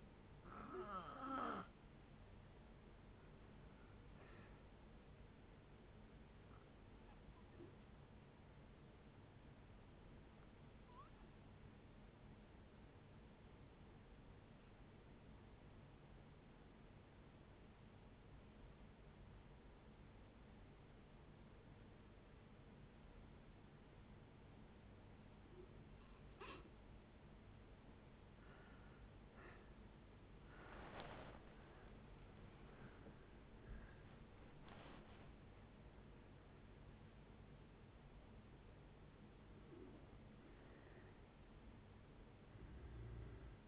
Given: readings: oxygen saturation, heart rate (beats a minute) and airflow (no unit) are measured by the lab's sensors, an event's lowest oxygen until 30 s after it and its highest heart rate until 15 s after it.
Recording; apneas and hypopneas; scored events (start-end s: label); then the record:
breathing in sleep by a voice recorder at the bedside; 1
8.00-27.80 s: hypopnea (N1, oxygen 94% highest, then 81% lowest)
From the record:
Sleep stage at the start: N1 (lightest sleep); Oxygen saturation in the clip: 82 to 94%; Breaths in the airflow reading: 11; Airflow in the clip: -10.8 to 14.9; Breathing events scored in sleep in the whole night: 496 in 5.4 hours asleep